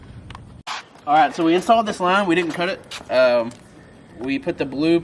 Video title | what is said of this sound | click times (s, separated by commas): DURAMAX FASS FUEL SYSTEM INSTALL! | And once you get it into that hole right there, you'll hear it click, and that's how you know it's good and seated in there. | 0.3 s, 0.4 s